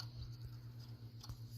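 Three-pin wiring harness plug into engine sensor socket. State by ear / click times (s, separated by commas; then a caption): not seated / none. A three-pin wiring harness plug is being handled at its socket on the oil filter housing area of a 3.6 Chrysler engine during reassembly. Only a steady low hum and faint rustling handling sounds are heard. Nothing has seated or clicked yet.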